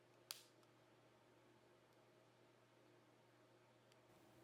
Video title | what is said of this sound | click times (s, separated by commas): How to Replace the Battery in an Autostart Keyless Remote | make sure everything snaps into place check the perimeter to ensure it is fully seated | 0.3 s